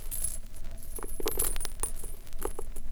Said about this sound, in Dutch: Met verbazing zag de koning hoe er bij ieder woord dat het meisje sprak een goudstuk uit haar mond viel. En hoewel hij heel rijk was, kon hij toch niet laten ze gauw even op te rapen.